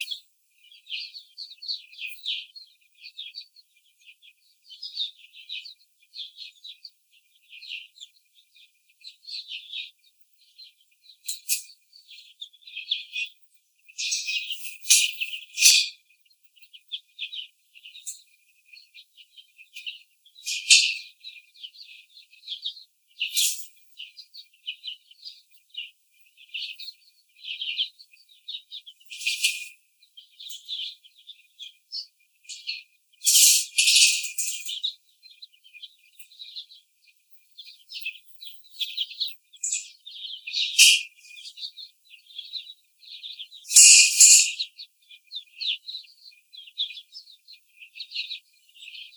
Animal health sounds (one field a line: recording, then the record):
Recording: young laying hens in a cage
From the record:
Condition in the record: after the stressor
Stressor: simulated dog barking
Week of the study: 4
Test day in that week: 2